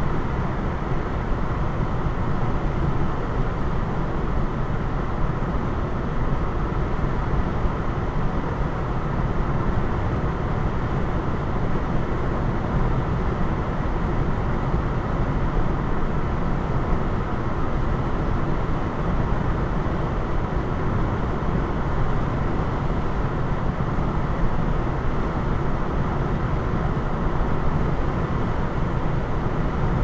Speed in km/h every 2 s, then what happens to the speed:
103, 103, 103, 103, 103, 103, 103, 103, 105, 105, 105, 105, 105, 105, 105.
0-30 steady at about 103.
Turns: none.